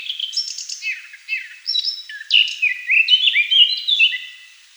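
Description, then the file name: Eurasian blackcap singing a chattering warble that breaks into loud, clear, fluty whistled notes, then fades out. "Slavka chernogolovaja"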